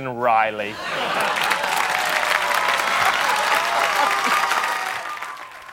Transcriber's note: soundbite of applause